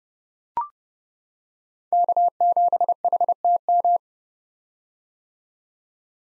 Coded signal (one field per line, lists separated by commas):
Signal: Morse code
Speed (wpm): 30 wpm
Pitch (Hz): 700 Hz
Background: none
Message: K7HTM